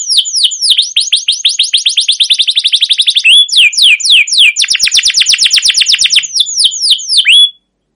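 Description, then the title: Canary singing a long, fast trill of sharp downslurred notes, broken by rising whistles and a dense, buzzing roll, before stopping abruptly. Long rolling canary song with cuit cuit calls, used as a lure and model to train other canaries. "CUIT CUIT NGEROL LANGSUNG GACOR PANJANG Kenari Ini AMPUH Utk Pancingan KENAR. Masteran Suara Burung Kenari Gacor Panjang cuit cuit Ngerol untuk Pancingan Kenari!"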